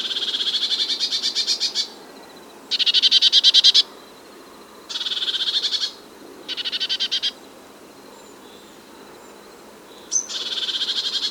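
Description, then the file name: Eurasian blue tit churring: a series of harsh, buzzy rattles separated by short pauses, with one sharp high note before the last burst. "Cyanistes caeruleus"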